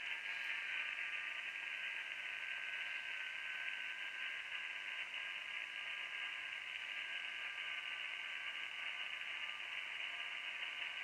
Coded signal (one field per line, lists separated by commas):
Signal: FT8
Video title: Using FT8 digital mode & Mag loop